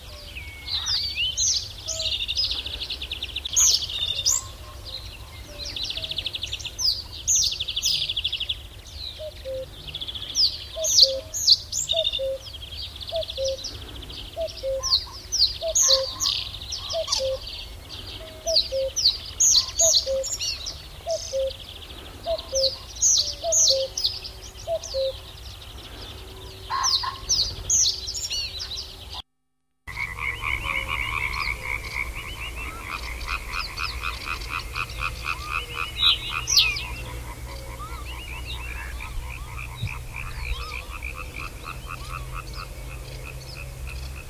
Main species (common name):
Reed Bunting